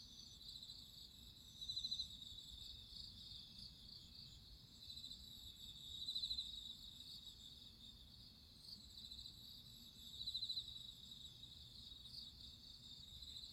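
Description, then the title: Cricket chirps, short rapid pulsed bursts repeating roughly every four seconds over a faint, steady high insect hum. Crickets singing at midnight. "Listen to nature crickets singing at midnight"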